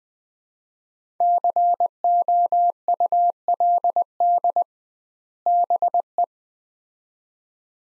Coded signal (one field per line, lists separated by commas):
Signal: Morse code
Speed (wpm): 20 wpm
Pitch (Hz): 700 Hz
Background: none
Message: COULD BE